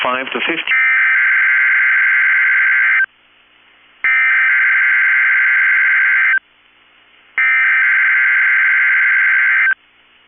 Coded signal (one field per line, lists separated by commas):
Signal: Emergency Alert System (SAME) tones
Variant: header bursts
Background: speech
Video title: 5/3/23 - KEC65 Required Weekly Test (EAS #769)